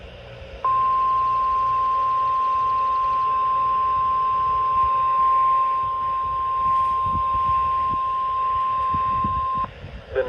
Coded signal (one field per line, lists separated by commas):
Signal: Emergency Alert System (SAME) tones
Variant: 1050 Hz attention tone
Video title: West Virginia Storms || EAS Alerts from 7/12/22 || EAS 314-322